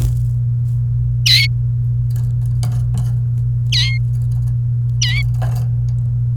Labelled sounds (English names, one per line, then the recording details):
Domestic Canary song
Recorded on 28 April 2018 at 11:17
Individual llb3